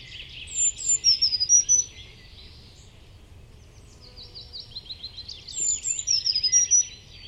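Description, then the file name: Eurasian blue tit calling with high, thin notes in two bursts separated by a quieter pause. "Cyanistes caeruleus"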